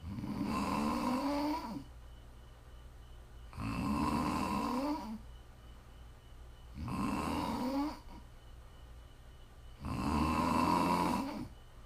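Four loud, drawn-out snores come about every three seconds, roughly 19 per minute, each with a fluttering, rising tone lasting over a second. Quiet breathing fills the gaps, over a faint steady background hum. This is ordinary sleep snoring from an adult.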